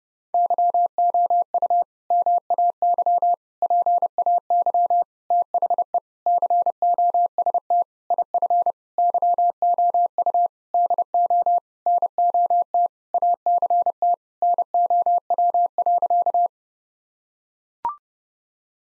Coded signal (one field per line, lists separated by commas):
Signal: Morse code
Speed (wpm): 30 wpm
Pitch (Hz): 700 Hz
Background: none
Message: YOU MAY PAY THE COST IF YOU DO NOT ACT NOW.